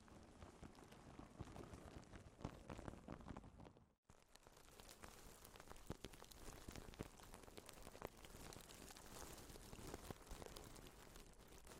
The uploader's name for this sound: soft crinkles and whispering - plastic wrap